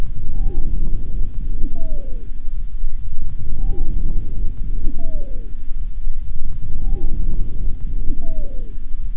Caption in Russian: Высокочастотные свистящие хрипы образуются при наличии вязкого секрета в мелких бронхах и бронхиолах. Свистящие хрипы у больной, страдающей хроническим обструктивным бронхитом. Основной дыхательный шум представлен жестким дыханием. Свистящие хрипы свидетельствуют о бронхообструктивном синдроме.